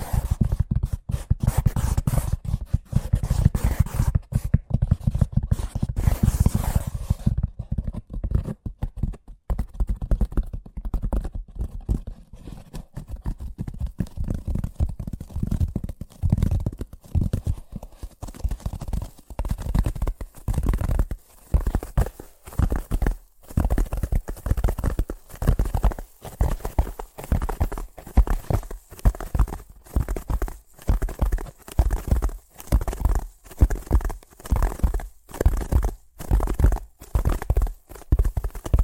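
Fast tapping fills the recording, dense and nearly continuous at first with a low, rumbling weight. After about twenty seconds it loosens into distinct, regular knocks, crisp, clopping like hooves at a steady trot until the end.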